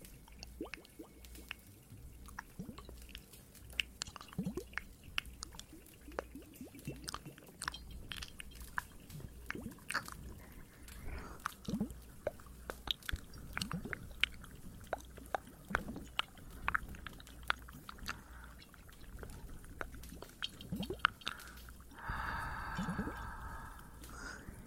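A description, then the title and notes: Fireplace crackle and dripping water in a cave: sharp pops and ticks arrive irregularly and fairly densely throughout, over a soft low rumble. Around 22 seconds a brief wetter, fizzing patch stands out before the scattered crackles resume. Some more Cave ASMR, Water and Fireplace added.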